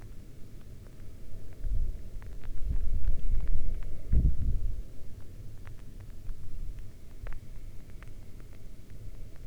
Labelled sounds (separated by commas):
rain